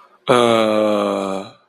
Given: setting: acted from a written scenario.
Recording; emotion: vocal sound without words; negative surprise